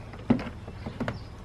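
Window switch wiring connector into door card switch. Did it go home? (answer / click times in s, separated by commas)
no / none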